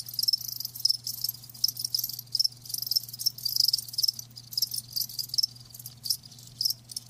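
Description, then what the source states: Dense cricket chirping, shrill pulsed bursts repeating rapidly and overlapping, interrupted by brief pauses, with a low continuous hum in the background. Live crickets chirping, presented as a lulling sound to help fall asleep and stay asleep.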